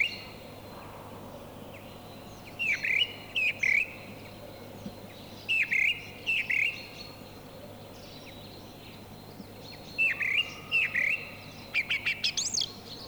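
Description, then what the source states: Song Thrush song: short whistled phrases, each given twice in succession, then a pause, ending with a rapid repeated burst of high notes. Field recording from Finland, issued on a cassette in 1988.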